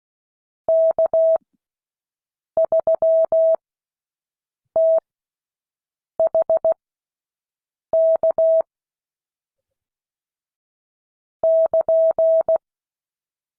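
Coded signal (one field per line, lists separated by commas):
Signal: Morse code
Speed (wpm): 16 wpm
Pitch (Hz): 650 Hz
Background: none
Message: K3THK <KN>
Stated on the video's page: Morse code class lesson.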